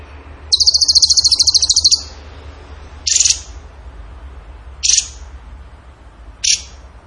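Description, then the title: Bird song: one long, fast, high rattling trill followed by three short sharp bursts spaced well apart. Masteran (training song) of a bird singing in the gacor tembakan style. "Masteran Burung Tembakan Gacor"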